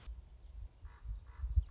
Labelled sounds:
Common Raven

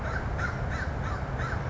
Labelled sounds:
American Crow

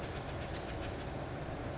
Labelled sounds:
California Towhee

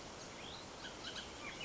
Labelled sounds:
Bullock's Oriole

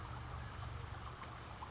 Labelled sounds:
California Towhee

